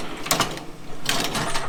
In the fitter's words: slides out and locks in place,